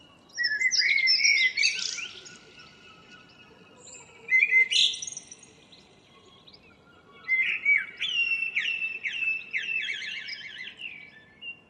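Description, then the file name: Common blackbird song: three rich, warbling phrases of fluty notes that end in twittery, scratchy flourishes, separated by brief pauses. "Turdus merula"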